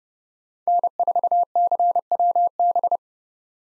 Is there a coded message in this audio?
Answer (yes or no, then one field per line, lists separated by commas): yes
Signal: Morse code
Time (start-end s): 0.7-3.0 s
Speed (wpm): 30 wpm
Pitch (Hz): 700 Hz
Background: none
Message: N4CWB